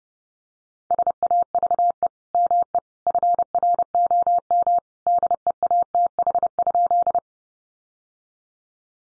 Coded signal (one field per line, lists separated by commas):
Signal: Morse code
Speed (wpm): 30 wpm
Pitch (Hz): 700 Hz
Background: none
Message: SAVE ME FROM DEATH?